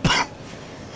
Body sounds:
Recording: coughing mixed with background sound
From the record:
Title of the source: Coughing 46

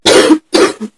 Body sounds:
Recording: coughing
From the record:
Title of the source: 60 coughing still (deep and wet cough)

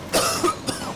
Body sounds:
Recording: coughing mixed with background sound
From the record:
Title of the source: Coughing 79

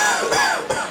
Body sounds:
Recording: coughing mixed with background sound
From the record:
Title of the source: Spring Cold Coughing 2

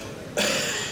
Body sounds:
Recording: coughing mixed with background sound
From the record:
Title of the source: Wet Throat Infection Cough

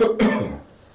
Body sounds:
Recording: coughing mixed with background sound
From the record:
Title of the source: Spring Cold Coughing 3

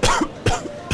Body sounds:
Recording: coughing mixed with background sound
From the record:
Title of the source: Coughing 51

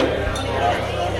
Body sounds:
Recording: background sound without coughing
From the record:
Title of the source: CITY SOUNDS Busy Bar in the Evening Night - 2 HOURS of Ambiance for Relaxation

